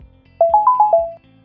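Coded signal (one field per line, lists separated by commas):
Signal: beep code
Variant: Starkey hearing aid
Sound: five quick chime notes stepping up then down in pitch, like a melody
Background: low hum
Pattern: 5 short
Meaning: Comfort Boost has been switched on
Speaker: and that means you're jumped into comfort boost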